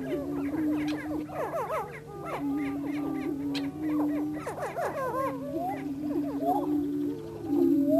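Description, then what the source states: Several greater prairie chickens, low droning booms held beneath frequent quick yelping and cackling notes that rise and fall. Recorded in Missouri.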